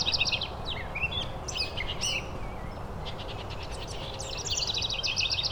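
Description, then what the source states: House Wren singing fast jumbled trills and chattering phrases, opening and closing with dense high bursts, a few thin slurred notes between, over constant low background hum. Singing on a wide woodland trail at the edge of a lake.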